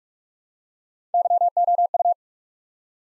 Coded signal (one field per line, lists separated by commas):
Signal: Morse code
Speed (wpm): 44 wpm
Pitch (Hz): 700 Hz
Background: none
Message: YOU